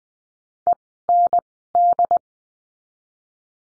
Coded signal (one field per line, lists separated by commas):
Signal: Morse code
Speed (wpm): 20 wpm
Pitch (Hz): 700 Hz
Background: none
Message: END